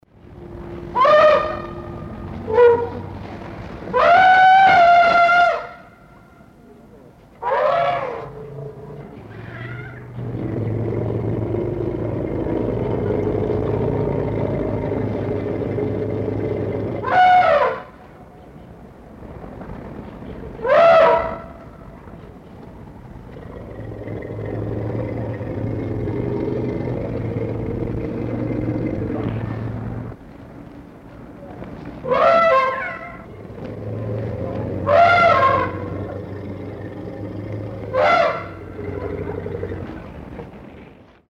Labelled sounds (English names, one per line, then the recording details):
African Elephant
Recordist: Tembrock, Günter
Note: Trompeten und Grollen einer gemischten Gruppe von afrikanischen und asiatischen Elefanten